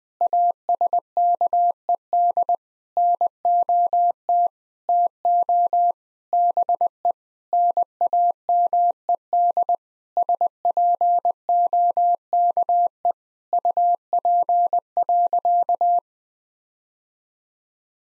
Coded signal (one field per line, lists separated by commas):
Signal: Morse code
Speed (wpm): 20 wpm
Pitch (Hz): 700 Hz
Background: none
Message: ASKED NOT TO BE NAMED SPOKE UP.